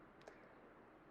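During a Honda Shine motorcycle engine rebuild, a circlip is fitted over a washer on a shaft to lock it into the shaft groove. A single short metallic snap is heard at 0.3 s over a steady low background hiss. The circlip is seated and confirmed set.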